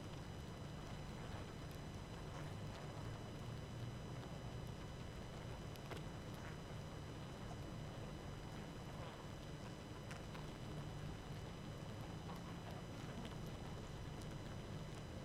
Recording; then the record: honeybee colony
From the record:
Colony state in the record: active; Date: 12 June 2018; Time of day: 20:55